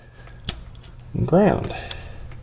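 While wiring an electric locker's power and ground leads, a wire connector is handled and pushed onto a locker wiring terminal, with a sharp tick near 0.5 s and light handling noise around it. Someone talks briefly in the middle of the clip. The connector has not seated or clicked onto the terminal yet.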